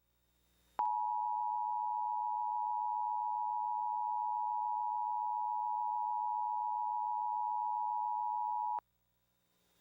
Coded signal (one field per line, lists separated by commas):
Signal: Emergency Alert System (SAME) tones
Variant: 853 and 960 Hz attention tone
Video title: (EAS #97) WTAP-TV - Severe Thunderstorm Warning (6/3/2023)